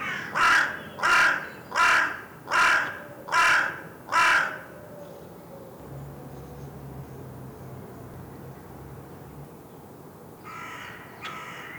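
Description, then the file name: Carrion crow calling: six harsh, hoarse caws in a steady series about every 0.7 seconds, then a pause and two shorter caws near the end over low background rumble. "Corvus corone"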